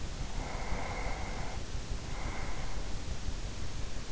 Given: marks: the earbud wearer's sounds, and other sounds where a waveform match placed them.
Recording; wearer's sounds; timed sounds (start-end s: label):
sounds in sleep by an in-ear microphone; breath
0.00-3.18 s: breath